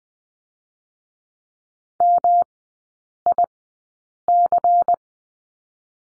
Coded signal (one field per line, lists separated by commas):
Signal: Morse code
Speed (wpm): 20 wpm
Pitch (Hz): 700 Hz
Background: none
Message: MIC